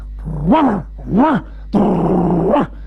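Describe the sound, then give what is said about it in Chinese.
A voice imitates a dog growling, a dog sitting under a diner's table at an eatery, in three throaty bursts: two short rising-and-falling snarls, then a longer, louder sustained growl that swells at the end. “哎，我说掌柜的，这谁家的狗？”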